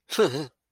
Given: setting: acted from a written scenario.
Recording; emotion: vocal sound without words; amusement